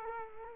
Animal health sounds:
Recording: mosquito wingbeat signal from an infrared sensor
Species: Culex quinquefasciatus

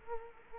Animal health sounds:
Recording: mosquito wingbeat signal from an infrared sensor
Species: Culex quinquefasciatus

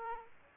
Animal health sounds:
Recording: mosquito wingbeat signal from an infrared sensor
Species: Aedes aegypti

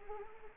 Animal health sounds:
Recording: mosquito wingbeat signal from an infrared sensor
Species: Anopheles arabiensis

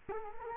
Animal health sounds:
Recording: mosquito wingbeat signal from an infrared sensor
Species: Culex quinquefasciatus

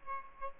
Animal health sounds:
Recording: mosquito wingbeat signal from an infrared sensor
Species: Aedes aegypti

